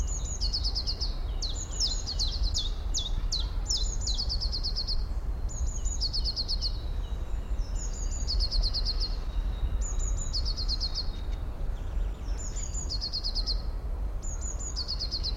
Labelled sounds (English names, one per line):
Eurasian Blue Tit call